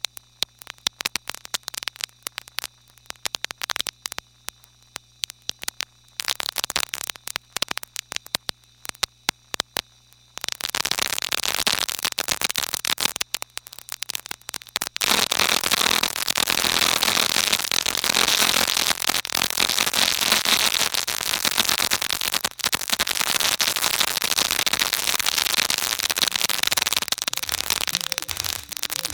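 Sparse crackling clicks over a low steady hum give way near ten seconds to dense hiss, then a louder, fuller wash of noise from fifteen seconds.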